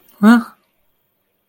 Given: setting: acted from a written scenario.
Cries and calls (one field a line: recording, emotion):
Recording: vocal sound without words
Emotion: fear